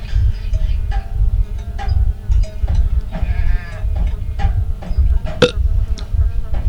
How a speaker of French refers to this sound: Et toujours les sempiternelles éructions. Éructation. Oh putain, éructement.